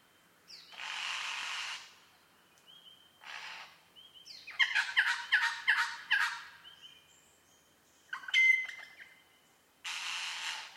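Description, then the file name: Superb lyrebird song mixing long rasping bursts, a fast series of sharp clicking notes, and a bright whistled note, separated by short pauses. Recorded at Mount Airly; date given as 30 May 2011. "SLB-mt airly 300511"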